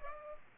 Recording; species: mosquito wingbeat signal from an infrared sensor; Culex pipiens